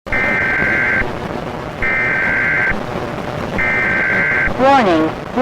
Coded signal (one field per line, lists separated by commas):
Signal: Emergency Alert System (SAME) tones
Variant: header bursts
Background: speech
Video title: EAS Scenario | SCP-173 "The Sculpture" | Alert Containment Breach